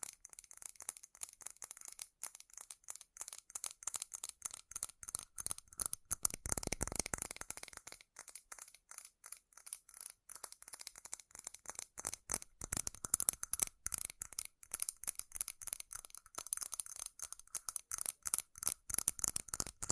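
Rapid, furious tapping on metal runs throughout, a dense stream of sharp, bright clicks with little pause between them. Around the seven-second mark the strikes briefly blur into a fuller, scraping rattle, then settle back into quick, uneven ticking that jingles faintly like coins.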